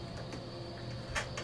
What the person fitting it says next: pop them on there you can hear them snap so you got a good connection